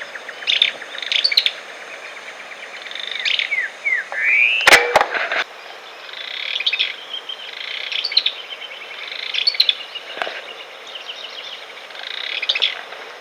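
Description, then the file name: Barullero calling in short chattering bursts about every one to two seconds, high and scratchy, with one sharp knock and soft twittering between bursts. "barullero voz"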